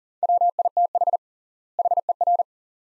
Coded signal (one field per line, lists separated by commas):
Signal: Morse code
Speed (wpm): 40 wpm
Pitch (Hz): 700 Hz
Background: none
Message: WITH HER